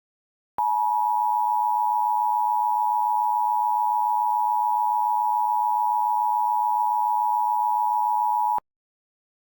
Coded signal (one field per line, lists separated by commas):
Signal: Emergency Alert System (SAME) tones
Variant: 853 and 960 Hz attention tone